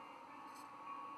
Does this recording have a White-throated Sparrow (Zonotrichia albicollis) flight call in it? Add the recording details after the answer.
no. No flight call is heard. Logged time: 23:04 on 4 November 2014